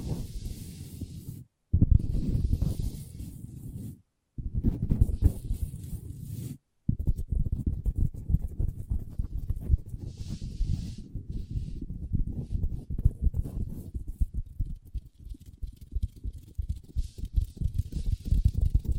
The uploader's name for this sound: ASMR Table Tapping & Scratching with Long Nails (No Talking)